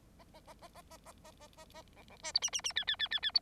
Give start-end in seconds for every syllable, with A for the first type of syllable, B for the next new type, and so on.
0.18-0.24 A, 0.34-0.40 A, 0.47-0.54 A, 0.61-0.69 A, 0.74-0.82 A, 0.90-0.98 A, 1.05-1.12 A, 1.24-1.31 A, 1.40-1.48 A, 1.57-1.65 A, 1.74-1.82 A, 1.96-2.03 B, 2.09-2.17 B, 2.23-2.32 C, 2.34-2.40 D, 2.42-2.50 E, 2.52-2.61 E, 2.64-2.73 E, 2.75-2.85 F, 2.87-2.96 F, 2.99-3.08 F, 3.11-3.20 F, 3.22-3.31 F, 3.34-3.40 D